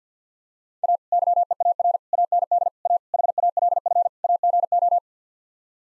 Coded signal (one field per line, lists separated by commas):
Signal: Morse code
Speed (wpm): 50 wpm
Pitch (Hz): 700 Hz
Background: none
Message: A YEAR AND A HALF AGO